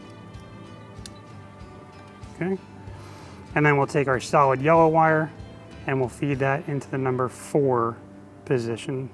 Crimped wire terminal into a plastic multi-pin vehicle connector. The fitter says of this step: so we'll feed this in until we hear a click